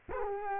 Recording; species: mosquito wingbeat signal from an infrared sensor; Culex quinquefasciatus